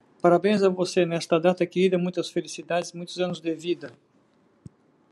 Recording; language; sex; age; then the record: short text; Brazilian Portuguese; male; 60 to 69 years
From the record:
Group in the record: control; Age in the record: 62 years